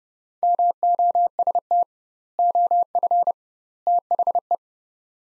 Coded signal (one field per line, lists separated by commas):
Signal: Morse code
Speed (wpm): 30 wpm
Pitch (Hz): 700 Hz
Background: none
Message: MOST OF THE